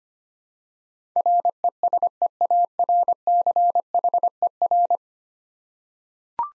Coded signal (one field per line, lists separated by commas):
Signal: Morse code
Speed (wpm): 25 wpm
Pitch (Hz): 700 Hz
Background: none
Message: RESEARCHER